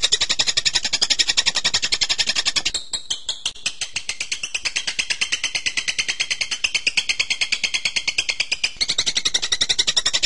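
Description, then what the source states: Bird song: a fast, steady run of high, buzzy pulsed notes that continues with barely a break, shifting slightly in pitch and loudness partway through. Bird-tutoring (masteran) training recording of birdsong.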